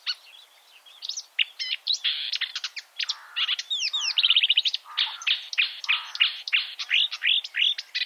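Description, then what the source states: Marsh warbler song, a fast, nonstop chatter of varied high notes, trills and quick buzzy phrases, with a brief rapid run of repeated clicks midway. Chirping song.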